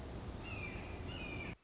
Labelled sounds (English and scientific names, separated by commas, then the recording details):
Red-shouldered Hawk (Buteo lineatus)
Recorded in Sonoma County, California